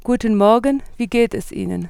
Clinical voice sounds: spoken sentence; German; female; 40 to 49 years; 0; 0; 0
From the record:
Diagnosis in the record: hyperfunctional dysphonia, psychogenic dysphonia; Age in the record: 47 years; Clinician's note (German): Leichte

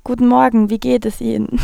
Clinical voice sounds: spoken sentence; German; female; 18 to 19 years; 0; 0; 0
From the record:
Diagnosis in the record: healthy voice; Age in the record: 19 years

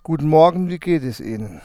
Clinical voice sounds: spoken sentence; German; male; 40 to 49 years; 0; 0; 0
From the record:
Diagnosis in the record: healthy voice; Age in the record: 40 years

